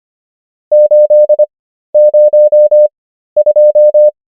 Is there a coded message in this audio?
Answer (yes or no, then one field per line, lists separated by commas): yes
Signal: Morse code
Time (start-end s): 0.7-4.1 s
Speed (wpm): 25 wpm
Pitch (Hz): 600 Hz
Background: none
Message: 802